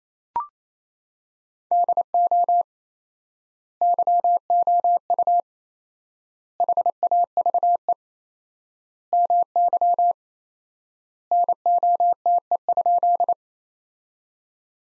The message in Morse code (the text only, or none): DO YOU HAVE MY NOTE?